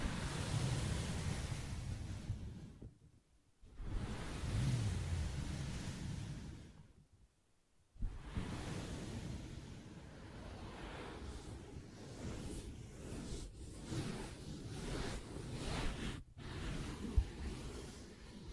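Soft scratching and rubbing on a fabric surface makes a dense, steady rustle, weighted toward the low end. The sound drops out briefly near three seconds and again around seven, then resumes. Later, scattered soft taps punctuate the scratching, with one sharper tap near seventeen seconds.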